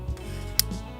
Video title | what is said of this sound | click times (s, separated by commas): The Craziest Smartphone of 2025 Unbox Therapy | The ring actually locks into place. See this little dot? It actually has a satisfying click. | 0.6 s